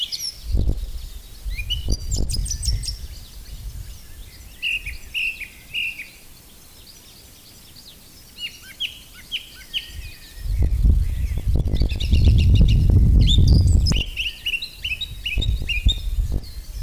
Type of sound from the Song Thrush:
song